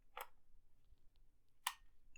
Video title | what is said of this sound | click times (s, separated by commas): Canon EOS M50 Unboxing and Video Test - Good Starting Camera | oh you hear that click | 1.7 s